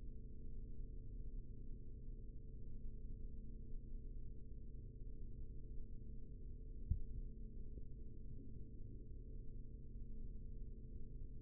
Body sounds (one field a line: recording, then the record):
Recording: forearm muscle sounds (acoustic myography)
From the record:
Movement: rest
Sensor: system 3, bracelet of six PUI Audio POM-2738L microphones around the upper forearm, with dedicated amplification and filtering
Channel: 3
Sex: male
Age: 43 years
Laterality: right